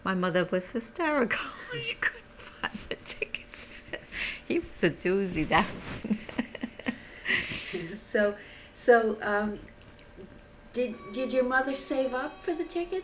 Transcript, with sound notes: My mother was hysterical. She couldn't find the tickets. He was a doozy, that one. ( she laughs )
So did your mother save up for the tickets?